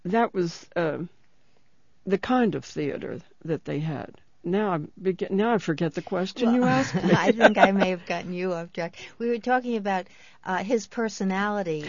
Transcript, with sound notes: was the kind of theater that they had. Now I beg—now I forget the question you asked me. ( she laughs )
Well, I think I may have gotten you off track. We were talking about his personality.